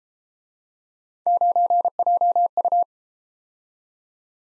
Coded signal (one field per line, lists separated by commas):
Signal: Morse code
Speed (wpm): 32 wpm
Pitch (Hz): 700 Hz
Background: none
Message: 9JU